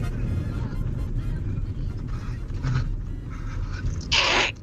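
Low, muffled phone-line noise with a few faint breathy sounds, then one sudden, loud, hissing burst lasting under half a second: a single forceful sneeze from an adult man. It is a strained, explosive sneeze, an ordinary reflex that clears the nose.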